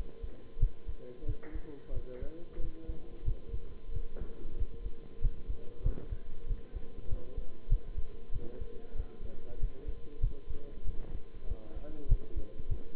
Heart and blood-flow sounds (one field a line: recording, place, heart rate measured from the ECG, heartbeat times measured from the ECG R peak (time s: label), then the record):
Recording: heart sounds by stethoscope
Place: between the tricuspid and mitral areas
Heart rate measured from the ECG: 94 bpm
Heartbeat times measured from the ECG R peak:
0.58 s: heartbeat
1.25 s: heartbeat
1.91 s: heartbeat
2.59 s: heartbeat
3.24 s: heartbeat
3.91 s: heartbeat
4.55 s: heartbeat
5.20 s: heartbeat
5.82 s: heartbeat
6.45 s: heartbeat
7.07 s: heartbeat
7.68 s: heartbeat
8.31 s: heartbeat
8.94 s: heartbeat
9.58 s: heartbeat
10.20 s: heartbeat
10.84 s: heartbeat
11.46 s: heartbeat
12.08 s: heartbeat
12.68 s: heartbeat
From the record:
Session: bicycle stress test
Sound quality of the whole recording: good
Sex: male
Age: 23 years